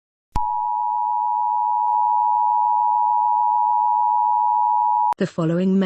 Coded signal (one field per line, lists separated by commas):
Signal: Emergency Alert System (SAME) tones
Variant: 853 and 960 Hz attention tone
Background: speech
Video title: EAS Scenario 5 - Zombie Apocalypse (SUPERCUT)